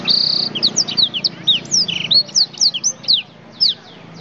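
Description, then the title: Oriental magpie-robin song opening on a held whistle, then quick descending slurred notes and short sweeps, roughly four per second, stopping near the end. "Kicau Kacer"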